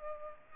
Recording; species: mosquito wingbeat signal from an infrared sensor; Culex pipiens